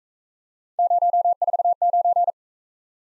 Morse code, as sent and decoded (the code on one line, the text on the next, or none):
----- ....- ----.
049